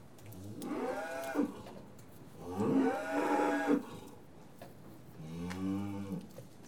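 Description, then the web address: Cattle mooing three times, the first two long and hoarse, the last shorter and cleaner, with light knocks between. Cattle being tested; livestock. "The BBC Sound Effects Library Livestock Cattle Being Tested"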